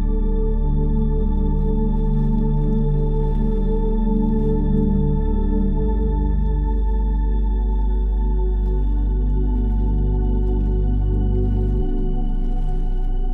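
A steady, warm synth pad holds low sustained tones, its bass note shifting around six and twelve seconds, with faint scattered ticks above.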